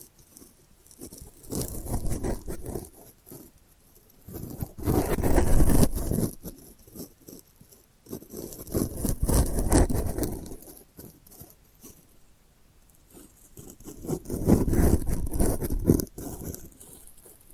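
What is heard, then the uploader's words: Delicate scratching comes in four short bursts, around 1–3, 4.5–6.5, 8.5–10.5 and 14–16 seconds. Each burst is a dense, raspy patter of quick strokes with a crisp, bright edge. Between bursts there are near-silent pauses with only faint ticks. ASMR Delicate Scratching for Sleep (No Talking).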